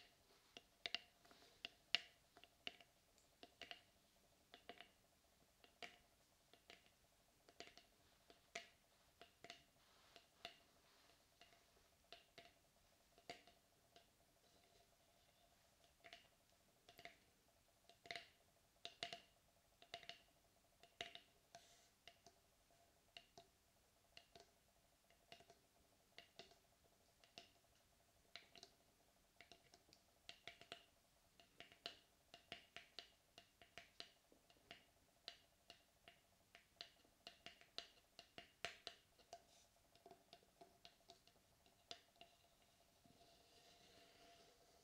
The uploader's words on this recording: ASMR Tapping and Scratching for Tingles.